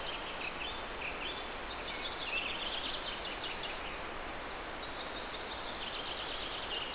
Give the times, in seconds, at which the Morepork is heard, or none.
none